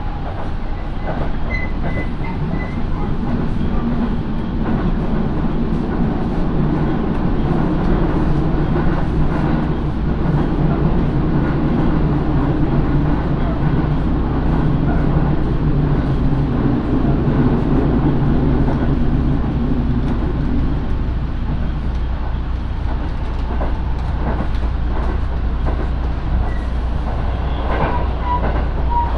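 A local train on the Minobu Line rolls along with a steady, heavy low rumble throughout. A humming drone rises around seven seconds, holds until about twenty-one seconds, then fades, while scattered clicks and light knocks from the wheels and carriage come and go.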